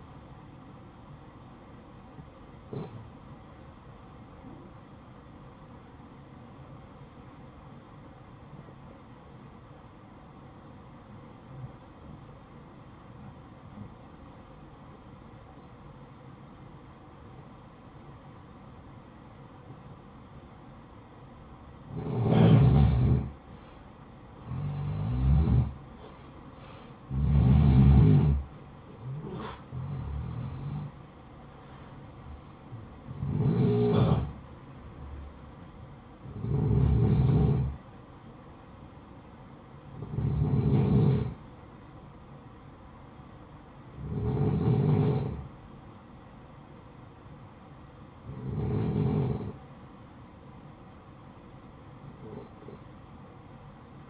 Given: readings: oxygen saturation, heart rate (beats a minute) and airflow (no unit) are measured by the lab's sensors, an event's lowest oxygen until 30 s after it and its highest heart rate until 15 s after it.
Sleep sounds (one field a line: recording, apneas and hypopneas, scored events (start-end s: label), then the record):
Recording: breathing in sleep by a smartphone at the bedside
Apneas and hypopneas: 1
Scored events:
3.00-22.70 s: hypopnea (N1, oxygen 94% highest, then 89% lowest, heart rate 53 at the start, 71 highest)
From the record:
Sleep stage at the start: N1 (lightest sleep)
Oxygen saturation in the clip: 87 to 94%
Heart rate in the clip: 53 to 71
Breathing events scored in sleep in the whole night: 573 in 9.8 hours asleep